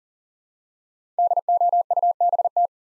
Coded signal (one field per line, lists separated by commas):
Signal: Morse code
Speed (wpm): 42 wpm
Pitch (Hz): 700 Hz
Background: none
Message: DOUBT